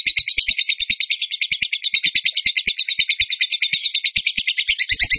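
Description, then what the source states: Bird song: a dense, fast trill of high, scratchy notes with some varied squeaky elements, held without a break. Bird song in the tembakan gacor style, used as masteran (training for other birds).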